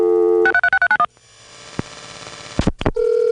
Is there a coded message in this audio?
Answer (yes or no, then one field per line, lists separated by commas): yes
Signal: DTMF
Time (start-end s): 0.4-1.1 s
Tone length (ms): 70 ms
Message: 636391